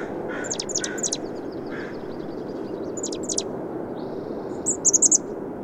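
Bird song of high downslurred notes and a thin buzzy trill, ending with a bright rapid twittering burst, steady hiss throughout.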